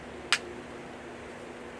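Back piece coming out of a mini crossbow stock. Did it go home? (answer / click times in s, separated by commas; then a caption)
released / 0.3 s. With its screws already removed, the plastic back piece of a Barnett Demun Tri-Strike mini crossbow is worked loose from the stock. It releases with one sharp, bright pop at 0.3 s over a steady low hum. The back piece pops free.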